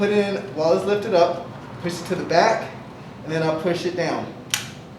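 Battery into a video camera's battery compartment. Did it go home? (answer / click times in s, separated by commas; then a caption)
yes / 4.5 s. A battery is put into a video camera's battery compartment while lifted up toward the roof of the compartment, pushed to the back, then pushed down. Someone talks through the steps, and a sharp click at 4.5 s marks the battery locking into place.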